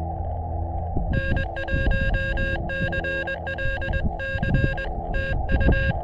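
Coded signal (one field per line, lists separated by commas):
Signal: Morse code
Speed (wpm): 21 wpm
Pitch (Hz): 1600 Hz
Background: none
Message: N1CLC TU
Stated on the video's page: Morse from a Summits On The Air activation on San Marcos Mountain, running 10 watts.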